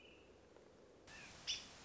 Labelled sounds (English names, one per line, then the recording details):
American Robin
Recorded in Sonoma County, California